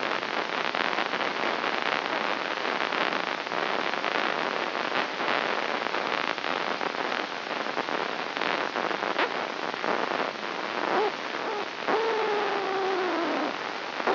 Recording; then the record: brain microelectrode recording played as sound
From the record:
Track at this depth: inside the subthalamic nucleus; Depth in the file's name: 4.916 mm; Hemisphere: left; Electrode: 3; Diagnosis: Parkinson's disease